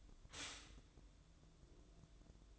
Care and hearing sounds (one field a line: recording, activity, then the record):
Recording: daily activity, microphone in the room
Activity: stop toaster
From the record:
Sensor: 3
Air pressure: 1007.1 hPa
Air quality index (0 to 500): 56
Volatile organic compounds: 1 ppm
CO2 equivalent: 596 ppm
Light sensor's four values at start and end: 8/19/8/8 and 8/19/8/8